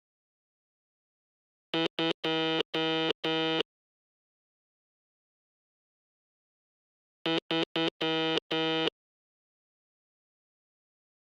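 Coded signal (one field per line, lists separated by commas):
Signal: Morse code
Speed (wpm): 9 wpm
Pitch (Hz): 330 Hz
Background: none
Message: 2 3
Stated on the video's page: Morse letter S sound effect.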